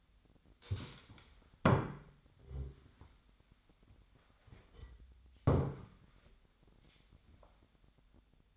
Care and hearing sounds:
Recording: daily activity, microphone in the room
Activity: stand up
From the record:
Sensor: 3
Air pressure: 1007.9 hPa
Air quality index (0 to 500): 192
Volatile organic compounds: 14 ppm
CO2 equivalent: 2462 ppm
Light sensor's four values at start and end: 12/28/12/12 and 12/28/12/11

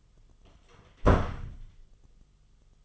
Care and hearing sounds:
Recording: daily activity, microphone in the room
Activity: close door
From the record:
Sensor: 4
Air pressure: 1005.7 hPa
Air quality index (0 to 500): 94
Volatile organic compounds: 2 ppm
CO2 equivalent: 1163 ppm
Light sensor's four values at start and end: 13/29/11/11 and 13/30/12/11

